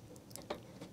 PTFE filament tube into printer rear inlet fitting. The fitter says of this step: until it locks in place like that